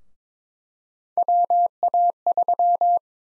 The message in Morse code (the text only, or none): WA3